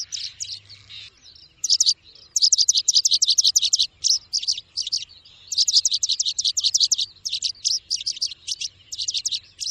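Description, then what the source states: Bird chirping in a high register, starting with a short burst, then long runs of quick, sharp notes packed densely with only short pauses. Bird ringtone, described as having a melodious voice.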